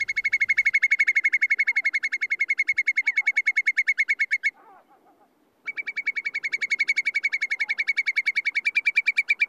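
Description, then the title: Whimbrel calling a long rapid trill of even, ringing whistled notes, repeated many times per second, pausing briefly with a few softer notes before the trill resumes. Finnish nature sound of the week; whimbrels breed on Finnish bogs and migrate in late summer to southwest Europe and West Africa. "Viikon luontoääni: Pikkukuovi"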